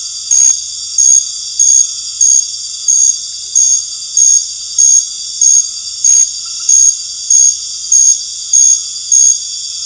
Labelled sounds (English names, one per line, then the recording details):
none
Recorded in dense forest near Puerto Asís, Putumayo, Colombia, on 12 March 2025 at 19:30
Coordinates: 0.484, -76.317
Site G064